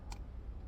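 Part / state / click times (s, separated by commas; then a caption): dash cam hardwire kit cable connector into mating GPS antenna cable connector / seated / 0.1 s. A dash cam hardwire kit's plastic cable connector is lined up with the mating GPS antenna cable connector, arrows head to head, and pushed together. A short, sharp click is heard at 0.1 s over a low background hum. The connector is seated with all pins connected correctly.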